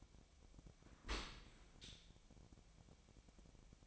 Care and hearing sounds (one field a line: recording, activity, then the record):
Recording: daily activity, microphone in the room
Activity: open dishwasher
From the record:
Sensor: 1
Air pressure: 1006.7 hPa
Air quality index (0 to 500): 208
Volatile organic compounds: 24 ppm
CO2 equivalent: 2798 ppm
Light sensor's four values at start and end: 12/30/12/13 and 12/31/12/13